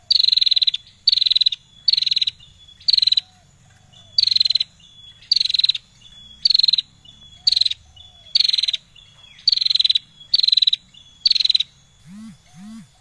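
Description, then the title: Prinia song: about a dozen short, buzzy, rapidly pulsed high bursts, each under a second, repeated roughly every second, over a thin steady high tone; low soft notes near the end. Bar-winged prinia singing persistently (gacor); recording intended as tutor song for training songbirds. "Prenjak Lancur Gacor Untuk Masteran"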